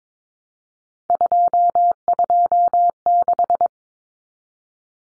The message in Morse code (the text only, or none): 226